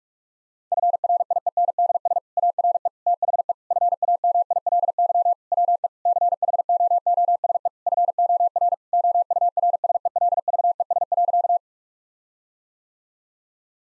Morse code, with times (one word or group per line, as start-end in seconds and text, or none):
0.7-2.2 FRIENDS
2.4-2.9 ARE
3.1-3.5 THE
3.7-5.3 FAMILY
5.5-5.9 WE
6.1-7.7 CHOOSE
7.9-8.7 FOR
8.9-11.6 OURSELVES.